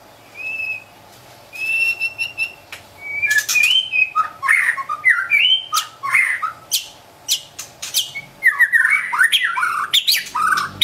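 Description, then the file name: White-rumped shama song, opening with a few clear whistles, then rich rapid phrases of slurred whistles, chatters and sharp clicks pouring out continuously. Wild bird from forest in Medan, singing actively (gacor). "suara burung murai batu hutan medan gacor"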